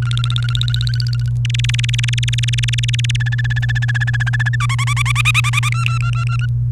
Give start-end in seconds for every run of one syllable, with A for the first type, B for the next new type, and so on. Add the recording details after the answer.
0.02-1.29 A, 1.45-3.16 B, 3.20-4.56 C, 4.60-5.69 D, 5.72-6.46 E. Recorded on 29 April 2018 at 05:51. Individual llb3